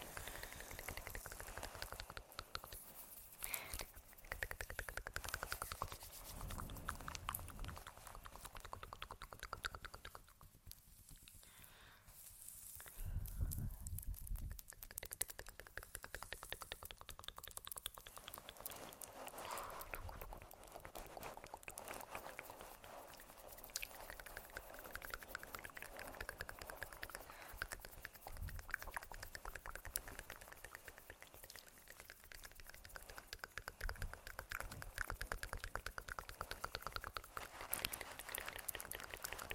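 Soft mouth sounds and quick tapping clicks continue steadily, with a brief quieter stretch around ten seconds and a low thump near thirteen.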